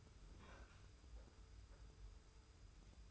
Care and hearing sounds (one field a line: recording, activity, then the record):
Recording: daily activity, microphone in the room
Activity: open fridge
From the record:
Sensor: 2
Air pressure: 990.9 hPa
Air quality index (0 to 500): 124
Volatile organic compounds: 101 ppm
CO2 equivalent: 3762 ppm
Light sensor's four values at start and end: 25/59/24/24 and 25/59/24/24